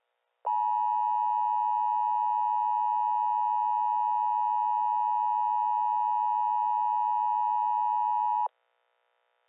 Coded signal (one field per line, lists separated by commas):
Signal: Emergency Alert System (SAME) tones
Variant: 853 and 960 Hz attention tone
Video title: March 2, 2012 EAS alerts for my county. (Reupdated and reuploaded)